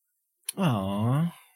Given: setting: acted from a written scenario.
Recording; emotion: vocal sound without words; adoration